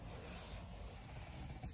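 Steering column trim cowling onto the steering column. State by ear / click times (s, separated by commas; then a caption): not seated / none. The plastic steering column trim cowling of a Passat B8 GTE (3G, MQB) is handled and worked back onto the steering column after a steering wheel replacement. Only a steady, low, rumbling broadband background is heard, with no sharp snaps. Nothing has seated or clicked yet.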